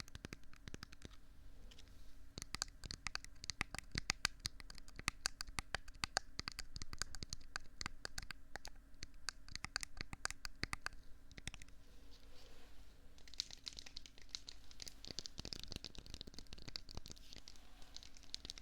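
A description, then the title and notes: Dense crinkly tapping and squishing on rubbery objects, rapid sharp clicks thinning after eleven seconds into softer rustling. ASMR very odd & unsual triggers hollow tube, paw cleaning silicone, stress balls & more.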